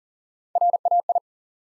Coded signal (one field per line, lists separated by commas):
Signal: Morse code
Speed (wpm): 41 wpm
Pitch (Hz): 700 Hz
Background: none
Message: RAI